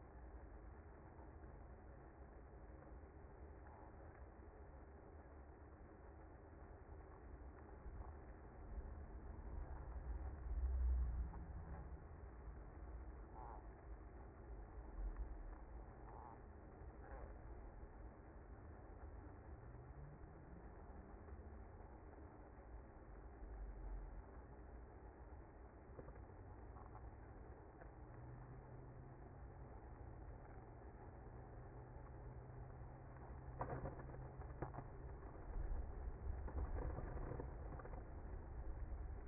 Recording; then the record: honeybee colony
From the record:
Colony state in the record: active